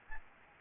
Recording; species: mosquito wingbeat signal from an infrared sensor; Aedes aegypti